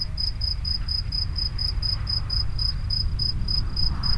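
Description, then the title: Grasshopper calls, regular high-pitched pulses about four each second, heard above a constant deep rumbling background. Recorded near the Henri Bridge at Niévroz. "Niévroz, Locusts near the Henri Bridge - Criquets vers le Pont Henri"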